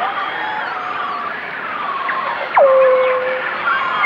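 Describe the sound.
Whale sounds: wavering tonal glides, then a sharp downward sweep settling into a held low whistle, with several overlapping moans over background hiss.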